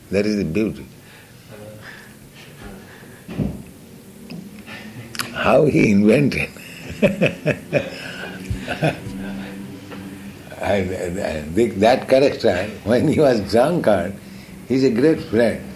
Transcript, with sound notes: That is the beauty. How he invented! [laughs] I think that character, when he was a drunkard, he's a great friend.